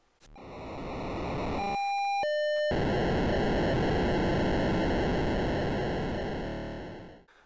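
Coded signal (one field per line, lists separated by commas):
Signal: POCSAG pager data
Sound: brief rising tone steps, then about five seconds of loud harsh buzzing hiss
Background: radio static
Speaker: this signal is pok sag and can be heard anywhere between 25 and 932 megahertz depending on your country but the majority are on vhf in the uk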